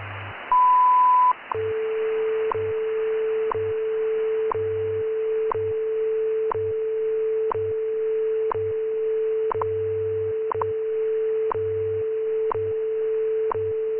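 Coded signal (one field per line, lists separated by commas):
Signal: radio time signal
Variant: WWV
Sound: a one-second 1 kHz beep, then a steady 440 Hz tone with ticks each second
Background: radio static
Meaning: Steady 440 Hz tone marks the standard A note, broadcast in minute 2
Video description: with part of the minute 2 440 Hz (A above Middle C) note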